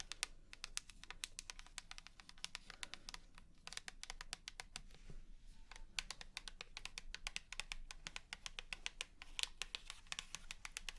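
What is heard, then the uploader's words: Rapid tapping, a dense stream of sharp, bright clicks that sound much like typing on a keyboard. The taps come quickly and somewhat unevenly, with a brief lull around the middle before the burst resumes. A faint low hum sits underneath throughout. 100% Tapping.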